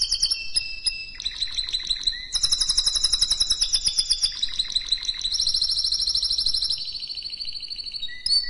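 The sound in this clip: Canary song made of dense high rolled trills, each tour held one to two seconds before changing pitch, with a few short chirps between them.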